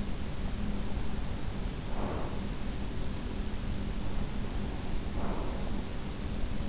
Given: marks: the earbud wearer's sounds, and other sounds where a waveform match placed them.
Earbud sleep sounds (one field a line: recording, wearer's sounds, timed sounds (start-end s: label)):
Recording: sounds in sleep by an in-ear microphone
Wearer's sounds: breath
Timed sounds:
1.68-2.71 s: breath
4.74-6.20 s: breath